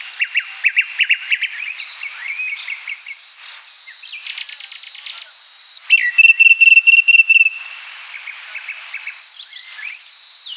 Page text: Eastern Common Nightingale Song. Quick Sounds